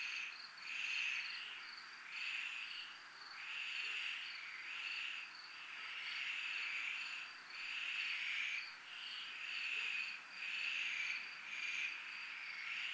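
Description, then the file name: Cricket trill running steadily at a high pitch, joined by rhythmic pulsing waves of buzzing chorus, about one every second or two. Crickets recorded in a military zone. "zona militar crickets"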